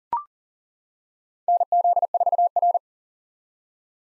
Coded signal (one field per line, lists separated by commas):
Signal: Morse code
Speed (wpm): 40 wpm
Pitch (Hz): 700 Hz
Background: none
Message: NZ4R